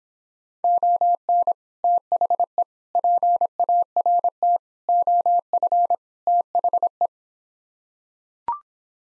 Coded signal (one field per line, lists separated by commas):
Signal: Morse code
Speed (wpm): 26 wpm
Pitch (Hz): 700 Hz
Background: none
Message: ON THE PART OF THE